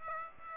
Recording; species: mosquito wingbeat signal from an infrared sensor; Aedes aegypti